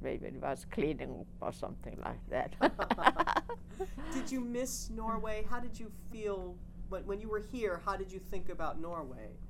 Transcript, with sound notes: Maybe it was cleaning, or something like that. ( they laugh )
Did you miss Norway? How did you feel, when you were here, how did you think about Norway?